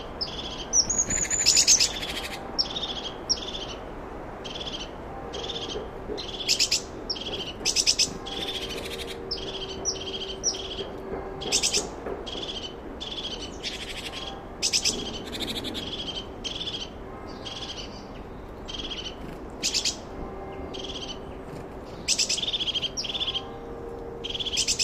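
Birds sing close by as the forest wakes, a dense chorus of short, bright chirps and trills repeating every second or so for the whole stretch. Lower whistled notes drift in now and then, over a steady soft hush underneath.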